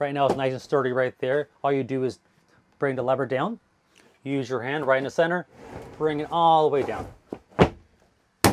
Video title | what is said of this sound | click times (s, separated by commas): RV Tour + Instructions | locks into place you're going to get the cushion from one side | 8.4 s